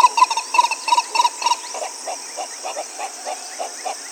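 Bird calls: a quick series of harmonic, slightly nasal notes, then softer lower pulses, over a steady high background drone.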